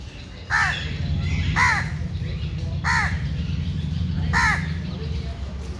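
Four rough bird caws about a second apart over a heavy low rumble.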